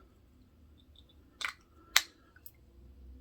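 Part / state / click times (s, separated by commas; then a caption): cap onto fragrance bottle / not seated / none. A cap is put back onto a cologne bottle and pressed on, giving faint ticks near 0.8 and 1.0 seconds and sharper taps at about 1.5, 2.0 and 2.5 seconds, the loudest at 2.0 seconds. The cap has not clicked into place, though it still holds fairly snug.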